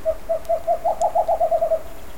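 Screech owl trill: a series of about a dozen soft hollow hoots, starting slowly, quickening and rising slightly in the middle, then easing off, over steady background hiss.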